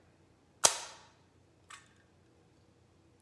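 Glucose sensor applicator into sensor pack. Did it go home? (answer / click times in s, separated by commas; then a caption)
yes / 0.7 s. A plastic CGM glucose sensor applicator is lined up mark to mark with the sensor pack and pressed together until it locks. A sharp, loud click at 0.6 s rings off with a bright decaying tail, then a softer knock follows at about 1.7 s and a faint tick at 3.2 s. The applicator is seated in the sensor pack.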